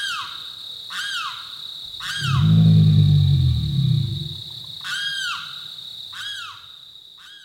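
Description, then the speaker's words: American alligator giving a long, deep, rumbling bellow lasting about two seconds, between repeated downslurred calls and a constant high hum. Heard at night in swamp country, Limpkin country; bellowing roars that seem to rise from foul-smelling swamp mud like gaseous belches. "bellowing roars seem to rise from foul-smelling swamp mud, like gaseous belches escaping from deep within the earth, the alligator."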